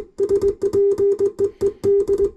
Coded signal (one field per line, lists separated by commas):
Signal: Morse code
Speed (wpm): 20 wpm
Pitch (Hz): 400 Hz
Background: music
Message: SPEED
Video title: MORSE CODE - The Straight Key Chronicles - Ch 1 - Talking to Myself